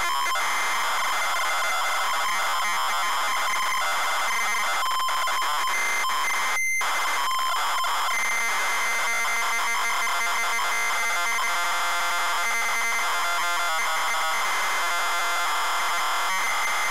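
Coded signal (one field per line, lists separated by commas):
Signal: ZX Spectrum tape loading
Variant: ZX Spectrum +3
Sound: loud harsh buzzing data screech with shifting pitched bands and brief gaps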